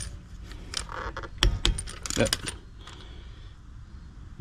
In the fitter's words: hear that little satisfying little click click?